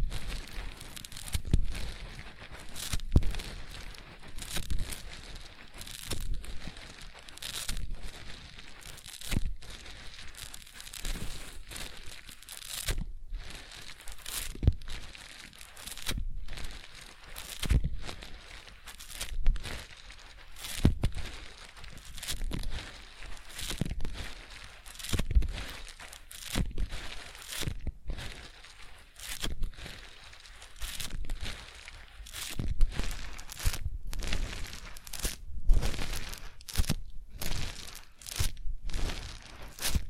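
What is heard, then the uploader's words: A sponge is squeezed and worked, making dense, wet crinkling and crunching bursts that come in quick, irregular succession for the whole stretch. Each squeeze is short and bright with a soft low thump, separated by brief near-silences. Sponge Sounds.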